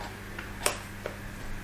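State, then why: Not seated. A silicone attachment is pushed onto a vibrator motor base, with a sharp knock at 0.7 s and a softer tap near 1.1 s over faint handling noise. The attachment does not clip on, and nothing has seated or clicked yet.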